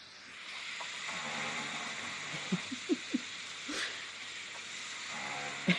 55%, and oh yes, a minute of snoring.